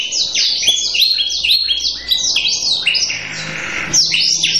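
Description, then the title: Canary song of quick, sharply falling whistled notes in a rolling sequence, with a brief buzzy trill near the end. Manasaja canary, song described as gacor ngotot with a long roll (roll panjang), used to make other canaries answer at once (langsung nyaut). "LANGSUNG NYAUT GACOR DOR Kenari Manasaja, Dengan Kicau Kenari GACOR NGOTOT ROLL PANJANG"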